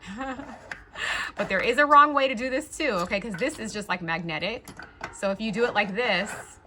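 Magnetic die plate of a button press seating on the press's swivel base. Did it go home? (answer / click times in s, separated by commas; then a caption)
no / none. A woman talks while handling the magnetic die plate of an American Crafts button press, lining its arrow up with the slot on the press's rotating swivel base. Nothing has seated or clicked yet; the clip ends just before the plate snaps into place.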